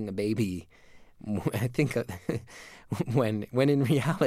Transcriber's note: laughter